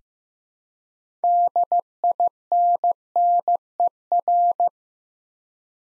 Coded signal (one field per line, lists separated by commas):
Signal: Morse code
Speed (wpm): 15 wpm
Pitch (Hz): 700 Hz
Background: none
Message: DINNER